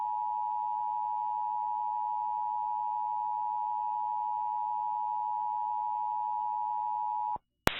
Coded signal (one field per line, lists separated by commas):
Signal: Emergency Alert System (SAME) tones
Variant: 853 and 960 Hz attention tone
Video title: EAS MOCK - When Winter Takes It's Course